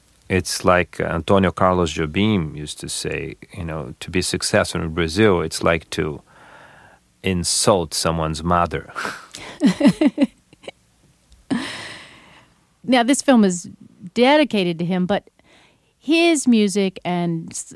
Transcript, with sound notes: it's like Antonio Carlos Jobim used to say, you know, to be successful in Brazil, it's like to insult someone's mother.
(laughs) Now, this film is dedicated to him, but his music and,